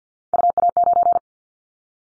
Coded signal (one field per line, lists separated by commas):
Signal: Morse code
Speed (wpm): 50 wpm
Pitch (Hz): 700 Hz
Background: none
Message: UA9